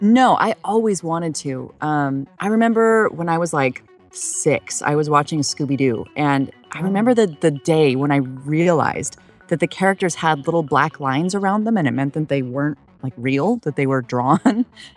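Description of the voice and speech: An adult woman speaks fluently and clearly in a relaxed conversational tone, recalling a childhood memory; ordinary speech.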